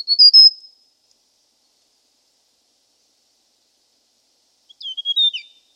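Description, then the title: Hill prinia calling twice, a bright high whistled phrase followed after a long pause by a twisting chirped phrase; nothing else heard. "prenjk gnung. Suara burung prenjak gunung"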